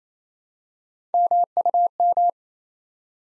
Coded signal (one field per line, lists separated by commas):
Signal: Morse code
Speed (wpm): 27 wpm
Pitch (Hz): 700 Hz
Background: none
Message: MUM